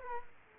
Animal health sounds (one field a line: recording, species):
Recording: mosquito wingbeat signal from an infrared sensor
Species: Culex quinquefasciatus